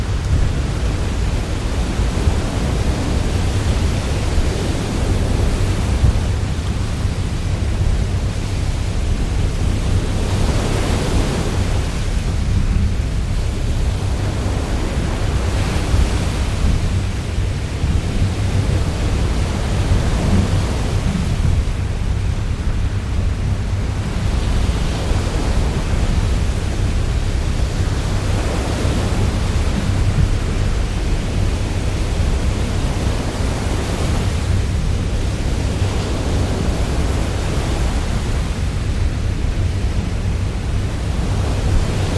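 A stormy sea roars without pause, a thick, dense wash of water noise over a heavy low rumble. Brighter surges of crashing water swell through it every five to seven seconds, while the overall loudness stays steady throughout.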